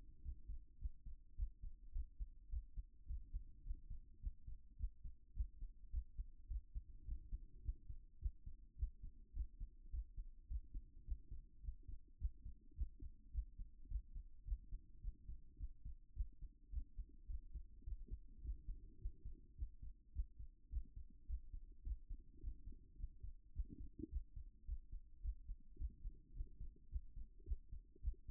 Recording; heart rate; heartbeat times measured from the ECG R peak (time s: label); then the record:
heart sounds by stethoscope; 106 bpm
0.20 s: heartbeat
0.77 s: heartbeat
1.34 s: heartbeat
1.91 s: heartbeat
2.48 s: heartbeat
3.05 s: heartbeat
3.62 s: heartbeat
4.19 s: heartbeat
4.75 s: heartbeat
5.32 s: heartbeat
5.89 s: heartbeat
6.46 s: heartbeat
7.03 s: heartbeat
7.61 s: heartbeat
8.18 s: heartbeat
8.75 s: heartbeat
9.32 s: heartbeat
9.89 s: heartbeat
10.46 s: heartbeat
11.03 s: heartbeat
11.60 s: heartbeat
12.17 s: heartbeat
12.73 s: heartbeat
13.30 s: heartbeat
13.87 s: heartbeat
14.43 s: heartbeat
14.99 s: heartbeat
15.56 s: heartbeat
16.12 s: heartbeat
16.69 s: heartbeat
17.25 s: heartbeat
17.82 s: heartbeat
18.40 s: heartbeat
18.97 s: heartbeat
19.54 s: heartbeat
20.11 s: heartbeat
20.68 s: heartbeat
21.25 s: heartbeat
21.82 s: heartbeat
22.39 s: heartbeat
22.95 s: heartbeat
23.51 s: heartbeat
24.08 s: heartbeat
24.64 s: heartbeat
25.20 s: heartbeat
25.76 s: heartbeat
26.32 s: heartbeat
26.87 s: heartbeat
27.43 s: heartbeat
27.99 s: heartbeat
From the record:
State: after exercise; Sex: male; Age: 40 years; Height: 190 cm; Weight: 114 kg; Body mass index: 31.58